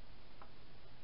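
The first RAM memory stick is pushed down into a motherboard DIMM slot and gives a short, sharp click at 0.4 seconds, showing it has seated. The click stands out against a steady low background hiss, and no talk is heard in the clip.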